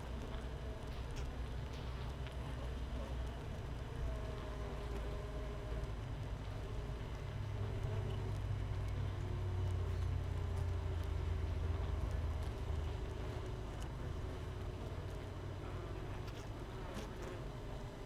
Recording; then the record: honeybee colony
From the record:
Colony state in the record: missing queen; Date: 31 May 2018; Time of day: 15:13